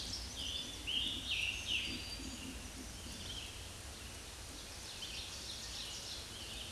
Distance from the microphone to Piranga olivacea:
about 45 m